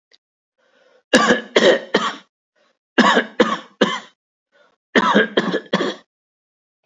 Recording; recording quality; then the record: heavy voluntary cough; excellent, no background noise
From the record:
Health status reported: healthy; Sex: male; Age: 43 years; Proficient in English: yes